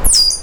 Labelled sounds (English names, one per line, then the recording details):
Stitchbird song
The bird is a male
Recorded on Tiritiri Matangi Island, New Zealand, in 2005
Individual 12, of nest box 16